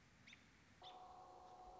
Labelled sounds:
American Robin
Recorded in Sonoma County, California

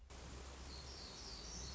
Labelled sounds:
Black-throated Gray Warbler
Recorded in Sonoma County, California

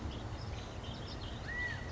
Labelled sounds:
California Quail
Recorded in Sonoma County, California

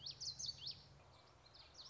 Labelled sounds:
Common Yellowthroat
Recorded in Sonoma County, California

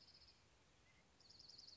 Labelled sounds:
Dark-eyed Junco
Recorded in Sonoma County, California

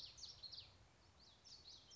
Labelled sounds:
Common Yellowthroat
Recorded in Sonoma County, California

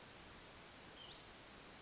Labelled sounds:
Brown Creeper
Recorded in Sonoma County, California

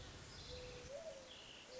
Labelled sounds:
Mourning Dove
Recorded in Sonoma County, California

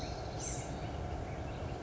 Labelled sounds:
Blue-gray Gnatcatcher
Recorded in Sonoma County, California

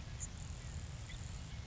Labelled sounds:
Grasshopper Sparrow
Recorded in Sonoma County, California

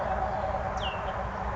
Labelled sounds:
Cassin's Vireo
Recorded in Sonoma County, California

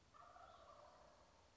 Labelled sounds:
Wild Turkey
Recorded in Sonoma County, California

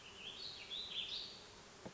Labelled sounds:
Warbling Vireo
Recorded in Sonoma County, California

